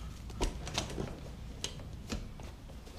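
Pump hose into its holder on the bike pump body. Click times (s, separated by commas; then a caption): 1.6 s. The inflation hose of a Topeak Road Morph G mini bike pump is pushed back into its stowage slot in the pump body, with a few light plastic handling taps around it. The hose snaps into place with a sharp click at 1.6 s and is seated.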